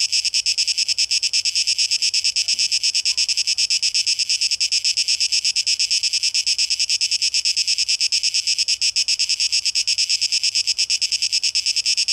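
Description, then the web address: Cicada droning, a hissing high buzz in fast pulses, steady the whole time, with one faint soft sound early on. Cicadas, tape echo mix, 12 August 2023. "rauschpartikel 2023-08-12 Zikaden"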